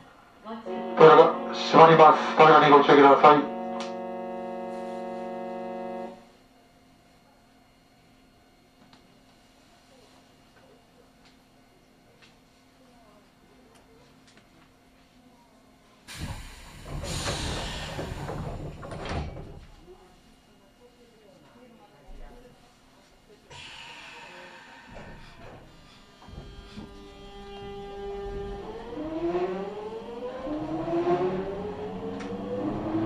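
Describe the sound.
A local train sits at a station: a loud, ringing chime fills the first few seconds, then a low hum and a long hush. A brief loud rush comes near sixteen seconds, and from about twenty-four seconds the motor whines, climbing in pitch as the train pulls away.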